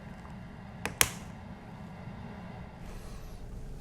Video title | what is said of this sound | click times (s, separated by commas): The most common repair done to the Tesla model 3 | when it's full press the cap downward until you hear it click now | 1.0 s